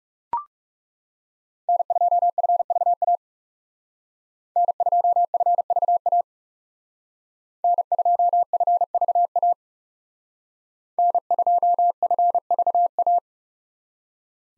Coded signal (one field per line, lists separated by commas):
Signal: Morse code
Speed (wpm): 38 wpm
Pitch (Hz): 700 Hz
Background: none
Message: N2FVA N2FVA N2FVA N2FVA